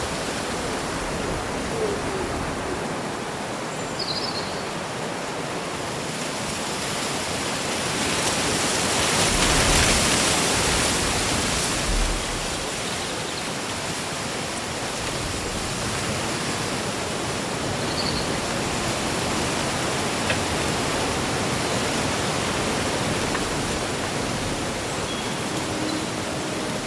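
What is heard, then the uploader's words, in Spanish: Wind on a summer day fills the whole recording with a dense, steady rush of rustling leaves. A stronger gust swells from about 7 to 12 seconds, then settles back. Faint, brief bird chirps surface a few times, near 4 and 22 seconds. Un bosque bañado por el sol.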